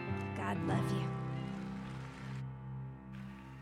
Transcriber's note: sounds of applause